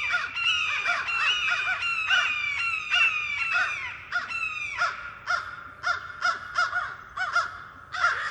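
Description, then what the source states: American crow mobbing calls: harsh, nasal caws repeated rapidly in an uneven series, some overlapping. Crow mobbing a hawk.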